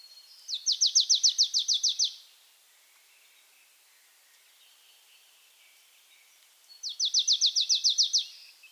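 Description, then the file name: Marsh tit: a quick, evenly spaced run of sharp high notes, repeated once after a gap of several seconds. "Poecile palustris"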